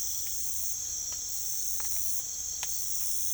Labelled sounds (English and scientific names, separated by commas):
none